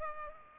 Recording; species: mosquito wingbeat signal from an infrared sensor; Culex pipiens